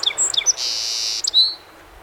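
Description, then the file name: Song sparrow song fragment: a few quick chirped notes, a long harsh buzzy burst, then a brief slurred whistle to close. Recorded 7 June 2018; 21 songs. "2018-06-07 SOSP 21 Songs"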